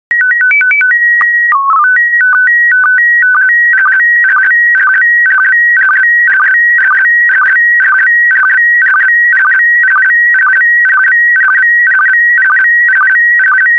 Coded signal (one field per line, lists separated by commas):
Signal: SSTV (slow-scan television)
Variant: PD 120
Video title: 129071 Germany by Dave Bartruff SSTV PD120